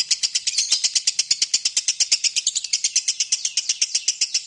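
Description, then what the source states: Lovebird chattering in a fast, scratchy series of high notes, continuing without a pause. Long lovebird ngekek song, used as a lure song (kicau pancingan).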